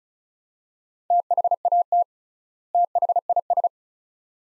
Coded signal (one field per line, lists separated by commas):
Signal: Morse code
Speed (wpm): 36 wpm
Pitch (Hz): 700 Hz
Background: none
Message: THAT THIS